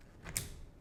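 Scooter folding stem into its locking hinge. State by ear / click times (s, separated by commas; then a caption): seated / 0.4 s. During unboxing setup, the folding stem of a new Okai Neon Ultra electric scooter is raised upright into its locking hinge. A faint tick at 0.3 s is followed by a sharp, loud click at 0.4 s as the stem locks into place, seated.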